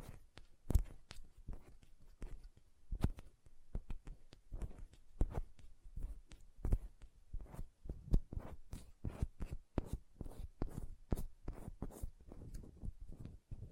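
Fingernails tap in quick, uneven bursts for the whole stretch, each tap a short, sharp click with a soft low knock beneath it. Louder taps stand out now and then, and the pace grows denser after the midpoint over a near-silent background.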